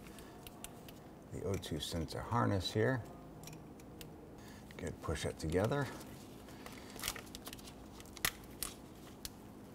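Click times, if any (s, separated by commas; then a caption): 8.2 s. Someone talks while a plastic oxygen (O2) sensor harness connector is pushed together by hand into its mating vehicle wiring connector during a rear passenger-side catalytic converter replacement on a 2005-2021 Nissan Frontier. Light handling ticks follow, then a sharp latch click at 8.3 s as the connector seats.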